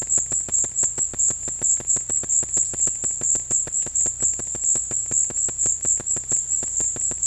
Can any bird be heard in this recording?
no